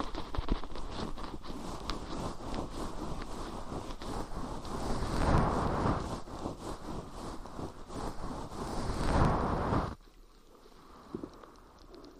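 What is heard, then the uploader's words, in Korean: Fluffy ear cleaning: a dense, steady rustling and scratching of soft fluff brushing against the microphone, with louder, fuller swells around five and nine seconds. At ten seconds the rubbing stops abruptly, leaving near-quiet with a couple of faint taps. 솜털 귀청소 동시에 (인트로 수다 X).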